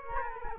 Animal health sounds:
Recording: mosquito wingbeat signal from an infrared sensor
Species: Culex quinquefasciatus

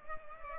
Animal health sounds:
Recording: mosquito wingbeat signal from an infrared sensor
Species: Culex pipiens

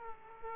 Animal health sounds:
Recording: mosquito wingbeat signal from an infrared sensor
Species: Aedes aegypti

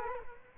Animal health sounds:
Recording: mosquito wingbeat signal from an infrared sensor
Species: Culex quinquefasciatus

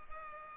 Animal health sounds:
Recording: mosquito wingbeat signal from an infrared sensor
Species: Culex pipiens

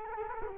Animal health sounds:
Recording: mosquito wingbeat signal from an infrared sensor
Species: Culex quinquefasciatus

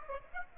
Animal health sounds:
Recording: mosquito wingbeat signal from an infrared sensor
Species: Aedes aegypti

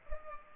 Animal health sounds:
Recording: mosquito wingbeat signal from an infrared sensor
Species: Culex pipiens

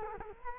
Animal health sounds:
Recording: mosquito wingbeat signal from an infrared sensor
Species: Culex quinquefasciatus

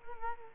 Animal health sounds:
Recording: mosquito wingbeat signal from an infrared sensor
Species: Culex quinquefasciatus

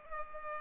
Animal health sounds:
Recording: mosquito wingbeat signal from an infrared sensor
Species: Culex pipiens

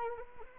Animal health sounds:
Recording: mosquito wingbeat signal from an infrared sensor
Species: Anopheles arabiensis

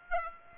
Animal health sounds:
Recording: mosquito wingbeat signal from an infrared sensor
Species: Aedes aegypti

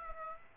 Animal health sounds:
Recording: mosquito wingbeat signal from an infrared sensor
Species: Aedes aegypti

